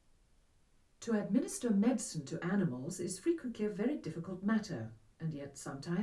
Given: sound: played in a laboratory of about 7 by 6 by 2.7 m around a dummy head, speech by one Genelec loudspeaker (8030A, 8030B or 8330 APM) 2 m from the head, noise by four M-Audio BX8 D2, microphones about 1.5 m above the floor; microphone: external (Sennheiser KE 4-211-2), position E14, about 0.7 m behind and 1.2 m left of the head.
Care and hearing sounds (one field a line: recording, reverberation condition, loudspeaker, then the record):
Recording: female speech in English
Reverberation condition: low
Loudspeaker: 60 degrees to the right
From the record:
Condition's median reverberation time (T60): about 310 ms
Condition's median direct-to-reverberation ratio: about 3.5 dB